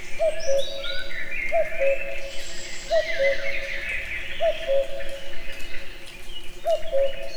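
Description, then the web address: Common cuckoo giving five clear, low, descending two-note cu-coo calls, evenly spaced, while other birds sing and chirp in the background. Recorded in nature near the Eger tourist house, with calls heard both far and near. "allathangok termeszetben kakukk tavolieskozeli egerturistahaz"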